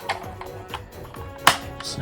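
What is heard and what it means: A plastic snap-out piece is pulled out of a toy vehicle body, with a few faint taps before a loud, sharp snap at 1.5 s. The piece is released and comes out of the toy.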